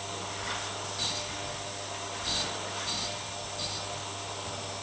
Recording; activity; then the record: daily activity, microphone in the room; vacuum cleaning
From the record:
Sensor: 3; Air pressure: 1000.1 hPa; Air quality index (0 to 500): 136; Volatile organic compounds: 2 ppm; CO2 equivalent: 1210 ppm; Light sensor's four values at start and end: 37/96/40/44 and 38/97/41/45